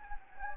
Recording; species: mosquito wingbeat signal from an infrared sensor; Anopheles gambiae